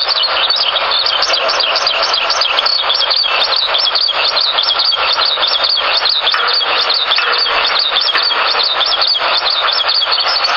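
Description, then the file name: Eurasian skylark song, a dense, unbroken stream of rapid high warbling and trilled notes that pours on without pause the whole time. July 2005, north side of Endo. "ヒバリ 遠藤北側"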